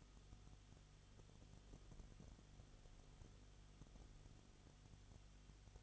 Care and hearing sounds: daily activity, microphone in the room; no activity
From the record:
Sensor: 4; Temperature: 22.7 degrees Celsius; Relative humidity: 31.7%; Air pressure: 995.4 hPa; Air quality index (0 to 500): 158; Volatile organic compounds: 2 ppm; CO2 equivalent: 1256 ppm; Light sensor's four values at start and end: 2/3/1/1 and 2/3/1/1

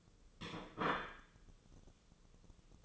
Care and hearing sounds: daily activity, microphone in the room; place plate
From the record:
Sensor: 4

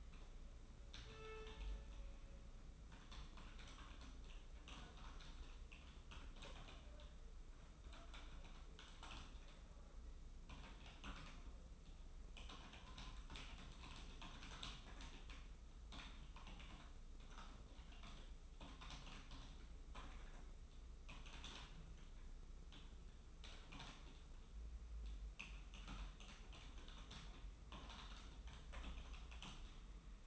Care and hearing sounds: daily activity, microphone in the room; typing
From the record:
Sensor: 1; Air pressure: 994.4 hPa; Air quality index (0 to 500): 220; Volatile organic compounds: 1000 ppm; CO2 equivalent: 7869 ppm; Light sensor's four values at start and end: 56/125/56/59 and 56/125/56/59

